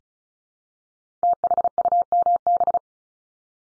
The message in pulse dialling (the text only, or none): none